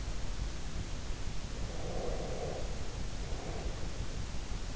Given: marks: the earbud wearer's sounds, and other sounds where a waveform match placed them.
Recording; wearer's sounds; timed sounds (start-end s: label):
sounds in sleep by an in-ear microphone; breath
1.63-4.10 s: breath